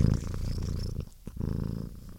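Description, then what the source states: Cat purring: a low, rumbling purr that drops out briefly midway, with a short soft breathy sound, then resumes. Happy cat, purring with a sniff.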